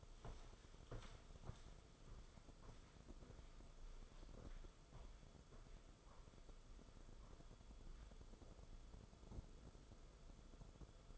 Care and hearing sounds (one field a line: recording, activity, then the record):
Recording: daily activity, microphone in the room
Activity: walk to room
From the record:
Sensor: 5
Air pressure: 994.5 hPa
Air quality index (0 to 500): 174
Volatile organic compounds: 722 ppm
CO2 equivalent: 5062 ppm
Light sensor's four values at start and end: 30/100/37/39 and 31/106/39/41